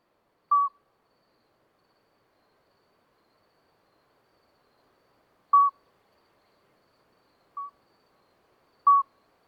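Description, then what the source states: Common midwife toad uttering brief, pure, bell-like notes at uneven intervals, one noticeably softer, in an otherwise silent setting. Two toads singing through the night until dawn, 13 May 2020, Lesches-en-Diois, after two days of rain with dripping vegetation; recorded on a Nagra Seven with an MKH40 microphone.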